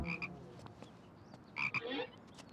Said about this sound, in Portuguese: …, temos um sapo a seguir-nos? Sim, provavelmente quer seguir-nos até ao concerto.